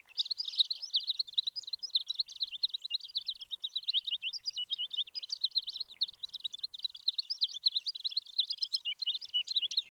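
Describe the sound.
Bird chirping in a dense, rapid stream of high twittering notes that runs without pause for the whole ten seconds.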